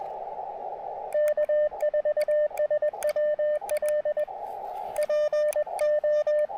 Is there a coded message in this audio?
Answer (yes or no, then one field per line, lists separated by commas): yes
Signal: Morse code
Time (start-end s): 1.1-6.5 s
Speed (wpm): 20 wpm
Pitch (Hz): 600 Hz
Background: radio noise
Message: K4SWL PO